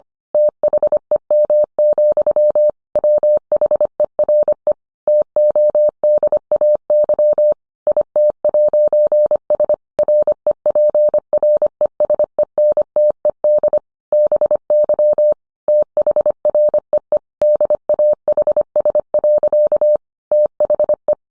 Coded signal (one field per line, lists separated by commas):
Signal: Morse code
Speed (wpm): 25 wpm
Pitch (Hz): 600 Hz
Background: none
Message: THEM, WHERE TODAY IT'S REPRESENTED BY THREE DAHS. THE